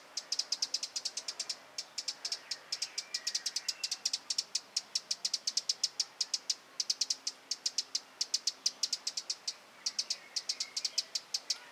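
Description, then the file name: Eurasian wren giving dense volleys of clicking tick notes, grouped into fast runs separated by short pauses, continuing throughout. "Troglodytes troglodytes"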